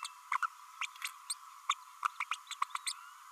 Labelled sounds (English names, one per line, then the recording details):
Green-rumped Parrotlet babbling
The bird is a female
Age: 30 days
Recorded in a nest box in Venezuela
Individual 17B32A5